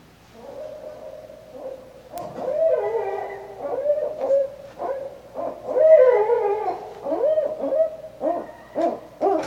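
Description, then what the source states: Barred owl hooting in loud, irregular bursts of rich, wavering hoots with a raucous, caterwauling quality. Recorded on 5 November 2011.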